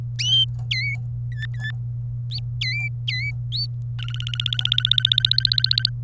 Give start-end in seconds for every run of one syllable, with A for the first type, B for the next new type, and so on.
0.71-0.97 A, 1.32-1.71 B, 2.61-3.32 A, 3.99-5.89 C